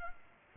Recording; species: mosquito wingbeat signal from an infrared sensor; Culex pipiens